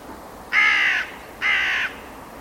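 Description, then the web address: Bird giving two harsh, drawn-out calls about a second apart, each lasting roughly half a second, over a quiet background. "Deverinetal 2025 File origin Bird Only"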